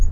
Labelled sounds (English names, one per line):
Black-throated Gray Warbler flight call